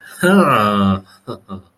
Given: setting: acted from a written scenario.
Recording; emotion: vocal sound without words; contentment